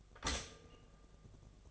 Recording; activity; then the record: daily activity, microphone in the room; stop toaster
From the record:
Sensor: 4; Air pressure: 1005.0 hPa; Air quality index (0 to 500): 187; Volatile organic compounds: 5 ppm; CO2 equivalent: 1835 ppm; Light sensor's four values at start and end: 17/57/21/20 and 17/57/21/19